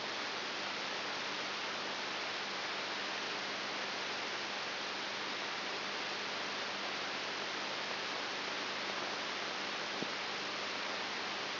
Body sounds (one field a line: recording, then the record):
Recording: brain microelectrode recording played as sound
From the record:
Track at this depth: outside the subthalamic nucleus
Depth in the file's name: 7.1 mm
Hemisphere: left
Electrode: 3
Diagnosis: Parkinson's disease